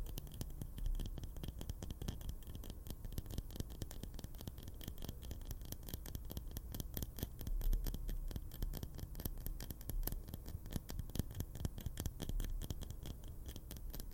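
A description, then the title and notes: Fast tapping and rubbing run without pause, a dense stream of crisp, irregular clicks and scratches layered over a soft, low rumble. The pace stays busy and uneven throughout, with slightly louder bursts around the middle. ASMR FAST AND AGGRESSIVE TRIGGERS NO TALKING. TAPPING. RUBBING.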